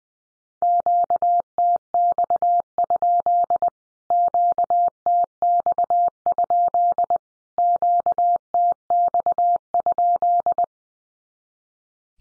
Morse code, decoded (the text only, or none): QTX? QTX? QTX?